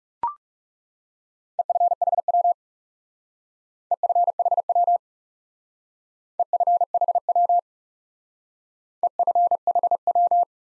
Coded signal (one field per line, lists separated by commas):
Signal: Morse code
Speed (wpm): 36 wpm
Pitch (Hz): 700 Hz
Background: none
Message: EFHW EFHW EFHW EFHW